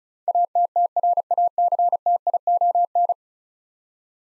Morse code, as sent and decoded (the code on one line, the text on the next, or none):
.- - - .-. .- -.-. - .. --- -.
ATTRACTION